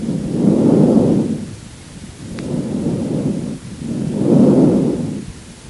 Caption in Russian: Ларинготрахеальное дыхание, зарегистрированное в области щитовидного хряща гортани. У здорового человека ларинготрахеальное дыхание можно выслушать над гортанью, трахеей и в местах проекции бифуркации трахеи на грудную клетку. Возникает в результате турбулентного завихрения воздушного потока в области гортани, голосовой щели и бифуркации трахеи на протяжении всего вдоха и выдоха. Ларинготрахеальное дыхание представляет собой более грубый по тембру и высокочастотный шум, причем продолжительность выдоха превышает длину вдоха.